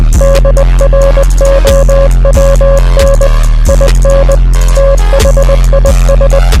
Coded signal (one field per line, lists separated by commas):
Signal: Morse code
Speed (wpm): 20 wpm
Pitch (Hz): 550 Hz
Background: music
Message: DROWN IN THIS